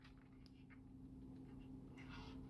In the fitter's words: locked into place